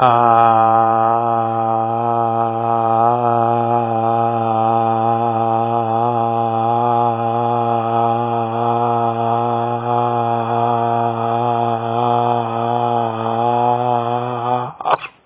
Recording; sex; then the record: sustained vowel /a/; male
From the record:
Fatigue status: fatigue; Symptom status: symptomatic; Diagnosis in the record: COVID-19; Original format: 3gp